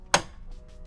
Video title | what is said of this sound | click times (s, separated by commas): Making a Batch of Dialysate Solution | you'll hear it snap shut once that happens then you reconnect | 0.1 s